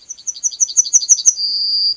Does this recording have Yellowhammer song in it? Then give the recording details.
yes. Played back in forest. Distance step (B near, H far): B. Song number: 121